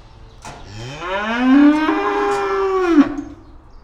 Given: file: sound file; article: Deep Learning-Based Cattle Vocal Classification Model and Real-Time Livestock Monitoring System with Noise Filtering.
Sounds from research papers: cattle; estrus call

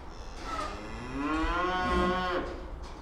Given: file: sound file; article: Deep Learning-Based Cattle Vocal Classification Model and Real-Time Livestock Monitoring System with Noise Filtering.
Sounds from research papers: cattle; food anticipating call

